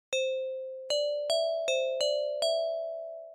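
A wind chime jingles alone, ringing out six bright, bell-like strikes at an uneven pace, each tone lingering and blending into the next as the shimmer slowly fades.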